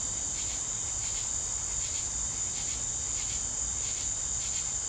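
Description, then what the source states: Crickets with a continuous shrill trill and soft pulsed chirps repeated at fairly regular intervals. Southern summer evening ambience with crickets.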